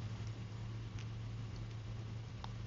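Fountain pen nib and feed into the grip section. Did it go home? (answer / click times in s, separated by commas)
no / none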